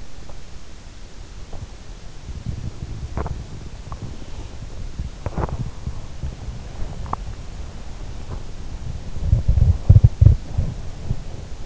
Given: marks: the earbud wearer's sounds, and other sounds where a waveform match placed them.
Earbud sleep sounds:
sounds in sleep by an in-ear microphone; swallowing, body movement, teeth grinding
0.00-1.81 s: swallowing
1.32-11.66 s: body movement
3.05-5.66 s: teeth grinding
8.14-8.54 s: teeth grinding

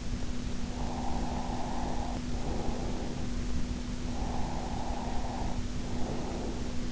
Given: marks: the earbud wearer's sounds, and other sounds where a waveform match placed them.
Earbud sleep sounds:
sounds in sleep by an in-ear microphone; breath
0.07-3.38 s: breath
3.84-6.92 s: breath

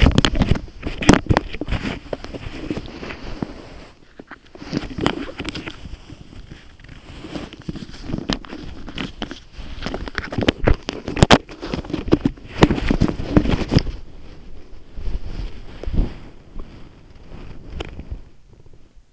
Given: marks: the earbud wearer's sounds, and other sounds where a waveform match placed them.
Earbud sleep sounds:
sounds in sleep by an in-ear microphone; body movement
0.00-19.13 s: body movement

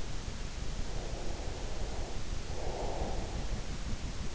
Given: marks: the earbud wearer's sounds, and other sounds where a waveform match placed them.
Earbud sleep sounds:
sounds in sleep by an in-ear microphone; breath
0.53-3.31 s: breath

